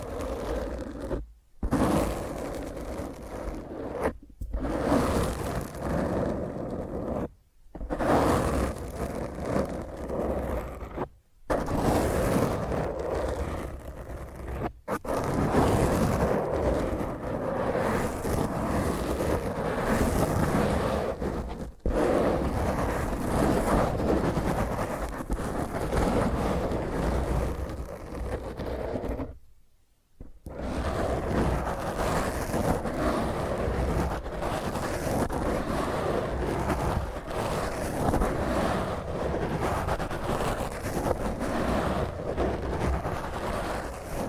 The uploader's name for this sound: Intense Rough Mic Scratch using HandNails